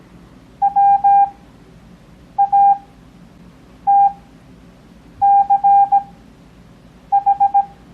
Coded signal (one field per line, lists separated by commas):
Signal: Morse code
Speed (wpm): 17 wpm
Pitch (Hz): 800 Hz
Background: none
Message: WATCH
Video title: Copy Morse Code 2nd Grade